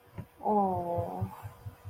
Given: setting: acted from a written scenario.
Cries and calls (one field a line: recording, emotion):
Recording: vocal sound without words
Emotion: sympathy